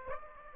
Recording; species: mosquito wingbeat signal from an infrared sensor; Aedes aegypti